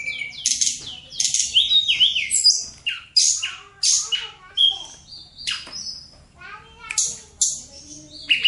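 Bird giving a busy, varied song of high chirps, harsh buzzes and whistled slurs, in bursts with short pauses between them.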